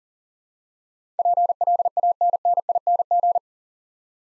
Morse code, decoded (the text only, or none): PLANNING